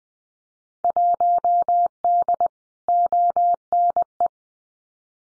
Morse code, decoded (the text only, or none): 1D ONE